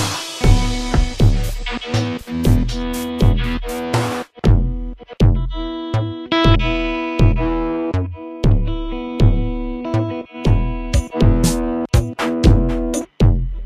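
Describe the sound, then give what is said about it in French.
An amp-simulated electric guitar plays a steady, chugging riff of punchy low notes with bright, sharp accents, loud and continuous with no talking. “Attends, à la fin de l'ampli, en fait, à la fin de l'ampli, t'as toutes les simulations hier. Écoutez.”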